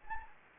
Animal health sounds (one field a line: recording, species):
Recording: mosquito wingbeat signal from an infrared sensor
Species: Anopheles gambiae